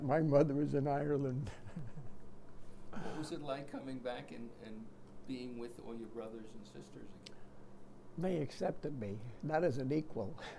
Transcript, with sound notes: My mother is in Ireland." [chuckles]
What was it like coming back and — and being with all your brothers and sisters?
They accepted me, not as an equal.